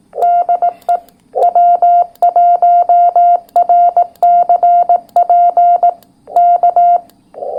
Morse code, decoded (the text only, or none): DE W1RCP K